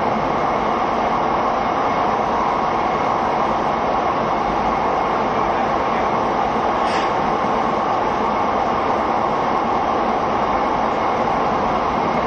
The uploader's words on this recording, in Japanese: 相鉄12000系 相鉄・埼京線特急・普通 01/01:海老名～新宿。相鉄・埼京線直通＂特急・普通＂の列車走行音。